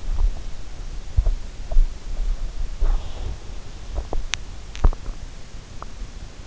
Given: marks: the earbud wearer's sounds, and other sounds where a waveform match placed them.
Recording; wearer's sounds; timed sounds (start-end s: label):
sounds in sleep by an in-ear microphone; teeth grinding
0.00-6.04 s: teeth grinding